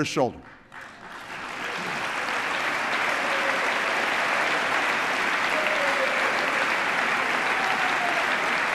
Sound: applause

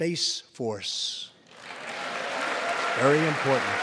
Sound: applause

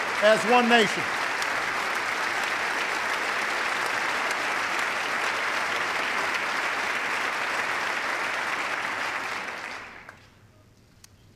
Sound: applause

